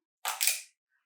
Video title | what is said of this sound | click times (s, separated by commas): How to Use the Najell Rise Baby Carrier — Complete User Guide | And fasten the magnetic buckles. And you will hear a clicking sound when they are fastened. | 0.4 s